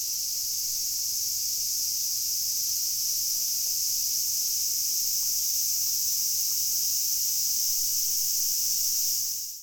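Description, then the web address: Cicadas in a steady, dense high-pitched buzzing chorus, unbroken and holding an even loudness until a quick fade at the very end. Recorded 2 August 2021. "fukudai. cicada 20210802"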